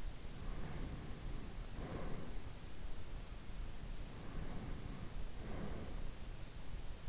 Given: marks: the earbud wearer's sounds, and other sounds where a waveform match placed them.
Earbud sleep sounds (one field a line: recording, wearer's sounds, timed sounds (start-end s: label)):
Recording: sounds in sleep by an in-ear microphone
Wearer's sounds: breath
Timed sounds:
0.00-2.34 s: breath
3.71-6.36 s: breath